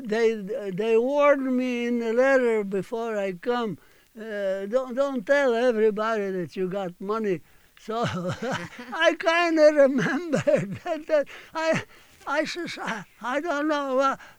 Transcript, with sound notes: they warned me in a letter before I come, "Don't tell everybody that you got money." (they laugh) So I kind of remembered, I says, I says, "I don't know."